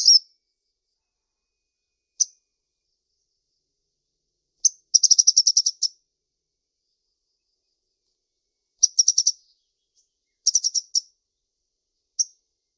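Bird chirps, high and sharp, coming as single notes and short rapid bursts with long silent gaps between them; no other sounds.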